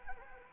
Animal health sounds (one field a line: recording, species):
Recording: mosquito wingbeat signal from an infrared sensor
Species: Anopheles arabiensis